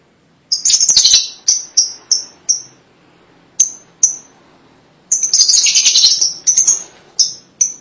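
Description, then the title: Lovebird calls: a short burst of chatter and a series of shrill high chirps, a pause, a few more chirps, then a dense burst of rapid chattering followed by more single chirps. "BM Suara Burung Lovebird"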